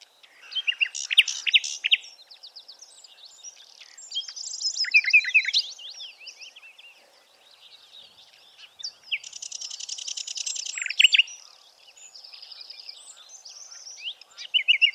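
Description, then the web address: Bird chatter of many overlapping high chirps and trills, rising and falling in busy waves with short quieter gaps. "Bird Only"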